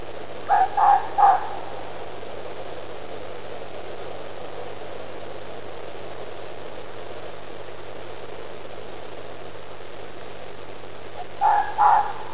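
Fox calls: a burst of three quick yelps, then about ten seconds of low hum and hiss, then two more yelps near the end.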